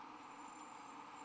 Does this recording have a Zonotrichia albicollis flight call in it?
no